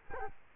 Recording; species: mosquito wingbeat signal from an infrared sensor; Culex quinquefasciatus